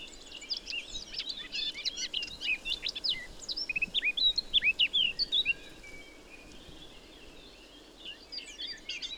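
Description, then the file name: Eurasian blackcap song, a rapid jumble of high scratchy and whistled notes lasting about five seconds, then quieter. "Sylvia atricapilla"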